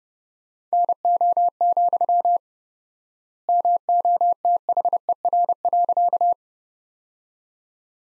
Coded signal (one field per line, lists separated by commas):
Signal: Morse code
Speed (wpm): 30 wpm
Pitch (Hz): 700 Hz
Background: none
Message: NO, MOTHER.